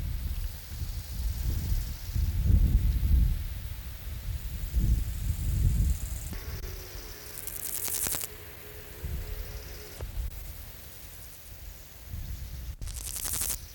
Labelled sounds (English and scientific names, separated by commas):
Bow-winged Grasshopper (Chorthippus biguttulus) stridulation